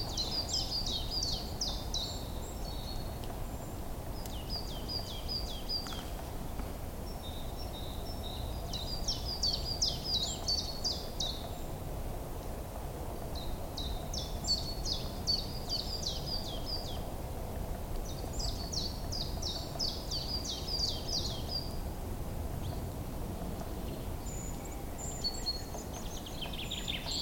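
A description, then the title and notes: Birds chirp in a forest, with bright, rapid trills and repeated chip notes in short bursts every few seconds, some around 9 and 15 seconds. Beneath them runs a steady low rumble of wind or noise throughout. Forest Birdsong Nature Sounds. Calming Birds Chirping Ambience.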